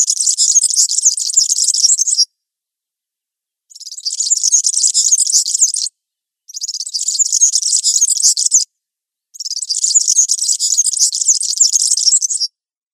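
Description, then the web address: European serin singing four bursts of rapid, glassy, sizzling twitter, each roughly two to three seconds long with brief gaps between them; no other sounds. "Schulze Peter European Serin song"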